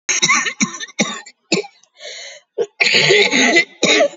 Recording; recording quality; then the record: shallow voluntary cough; excellent, no background noise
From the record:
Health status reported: COVID-19 positive, moderate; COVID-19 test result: positive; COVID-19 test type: RT-PCR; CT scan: taken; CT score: 5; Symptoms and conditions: cough, cold, breathing difficulty, fever, fatigue, muscle pain, loss of smell and taste, diarrhoea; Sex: female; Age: 65 years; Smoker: no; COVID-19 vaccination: one dose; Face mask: worn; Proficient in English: yes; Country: India